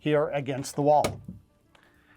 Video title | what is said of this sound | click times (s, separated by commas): Sony BRAVIA Leon Frame Hardware Install Guide | so you heard that click and it's ready to go all right man that was piece of cake | 1.8 s